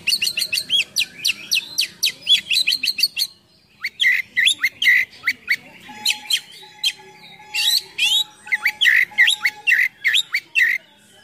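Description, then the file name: Oriental magpie-robin song, a rapid run of sharp chirps and whistled notes, then varied phrases with loud rising whistles and buzzy trills after a short pause. Full gacor singing with a rich full isian of imitated songs. "KACER GACOR FULL ISIAN MEWAH"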